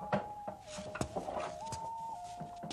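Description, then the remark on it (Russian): The wooden drawers of a mirrored makeup dressing table are pulled open, giving a few sharp knocks and short scraping slides over nearly three seconds, with a steady high hum running underneath. “Выдвигает ящики второго столика.”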